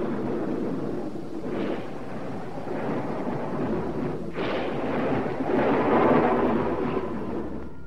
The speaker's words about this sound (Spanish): Vaya tormenta, ¿eh?